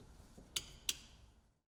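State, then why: Seated. A rocker switch, already connected to its harness, is pushed into the plastic dash panel opening of a 2024+ Polaris Xpedition XP/ADV while a front roof lightbar mounting kit is installed. Two sharp, bright clicks sound at 0.6 s and 0.9 s over a faint background hiss. The switch seats in the opening.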